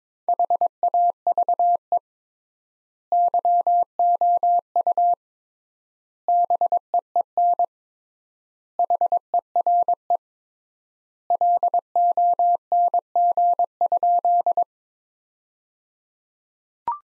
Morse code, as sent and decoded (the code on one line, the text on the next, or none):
.... .- ...- . / -.-- --- ..- / -... . . -. / .... . .-. . / .-.. --- -. --. ..--..
HAVE YOU BEEN HERE LONG?